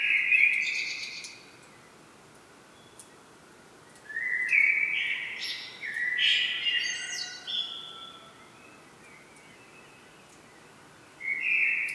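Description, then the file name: Common blackbird producing stepped whistled phrases separated by long quiet gaps, pitch jumping between steady notes, with a short whistle again at the end. "Turdus merula"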